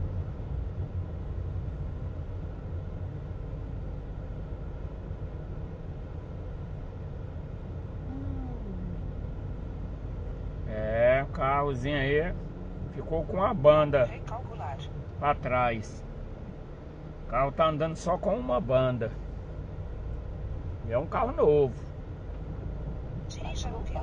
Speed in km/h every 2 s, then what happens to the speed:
21, 19, 21, 20, 19, 15, 17, 4, 9, 13, 9, 15.
0-12 steady at about 19. 12-14 brakes to 4. 14-17 speeds up to 13. 20-24 speeds up to 15.